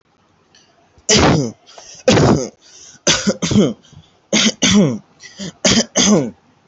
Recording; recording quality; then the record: heavy voluntary cough; excellent, no background noise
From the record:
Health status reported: healthy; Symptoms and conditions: cold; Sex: male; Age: 22 years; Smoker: not ticked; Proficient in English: yes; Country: India